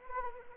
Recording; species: mosquito wingbeat signal from an infrared sensor; Anopheles arabiensis